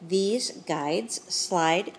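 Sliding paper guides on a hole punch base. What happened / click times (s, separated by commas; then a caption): No seating click heard; only speech during handling / none. Someone talks while the paper guides on the base of a hole punch for A5, personal and pocket Filofaxes are handled, sliding in and out. Speech dominates the clip, and nothing has clicked into position yet.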